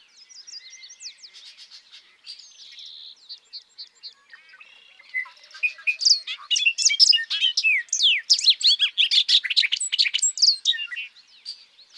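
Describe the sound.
Bobolink song: soft scattered notes open, then a loud tumbling burst of bubbly, metallic, rapidly varying notes for about six seconds.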